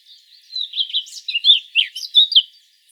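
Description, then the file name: Eurasian blackcap warbling a lively, varied run of high twittering notes with quick pitch changes, about two seconds long, against a quiet background. "Sylvia atricapilla"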